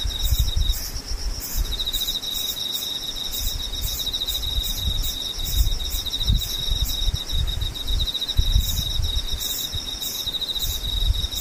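Insects chirp throughout, a bright, high, steady trill that runs almost without a break, with a faster pulsing call above it repeating in short bursts every half second or so. Underneath sits a low, uneven rumble of wind-like noise that swells and fades.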